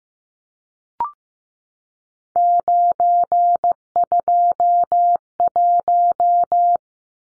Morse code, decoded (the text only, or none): 921